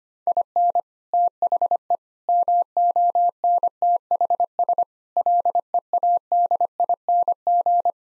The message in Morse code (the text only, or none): IN THE MONTHS LEADING